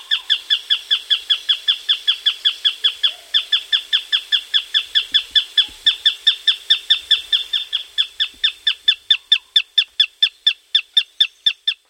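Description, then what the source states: Madagascar flufftail song: a long, loud, steady series of many sharp, high notes. Madagascar; secretive short-tailed rail endemic to the island, found in grasslands, rainforests, marshes and rice paddies.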